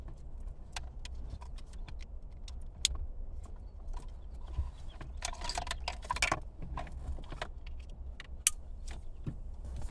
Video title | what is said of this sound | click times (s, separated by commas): t12 install onto 2010-2013 4runner limited jbl+nav | it fits perfectly and it snaps right in place | 2.9 s, 8.5 s